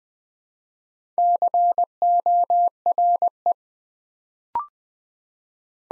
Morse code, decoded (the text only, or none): CORE